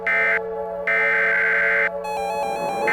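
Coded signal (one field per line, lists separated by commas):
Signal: Emergency Alert System (SAME) tones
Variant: header bursts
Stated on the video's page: Fictional EAS scenario recreation.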